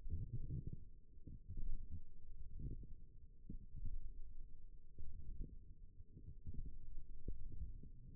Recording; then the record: forearm muscle sounds (acoustic myography)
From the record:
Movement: wrist flexion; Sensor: system 1, eight BSWA MPA416 microphones around the upper forearm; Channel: 2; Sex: female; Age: 21 years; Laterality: right